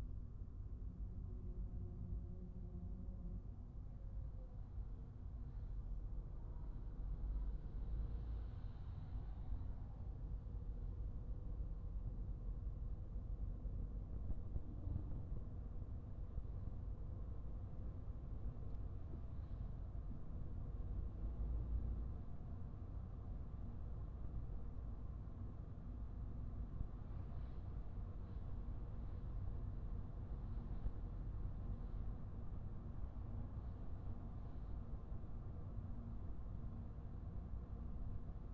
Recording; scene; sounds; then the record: everyday scene through a hearing-aid microphone; in a vehicle; engine, highway driving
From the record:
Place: Skoda Fabia, gasoline engine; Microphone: behind the ear, right, rear